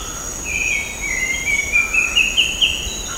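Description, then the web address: Grey-cheeked bulbul call, a slurred phrase of quick rising and falling notes that climbs toward the end, with a steady high insect drone throughout. Recorded at Sepilok on 6 August 2009. "SEPILOK 20090806. grey-cheeked bulbul"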